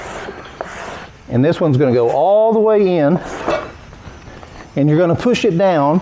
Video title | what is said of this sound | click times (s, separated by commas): How to set up a Splash Superpool | Same button. Click into place. Push. | 0.6 s